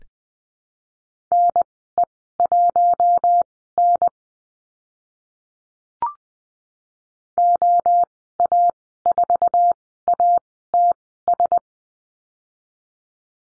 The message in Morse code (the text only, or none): NE1N OA4ATS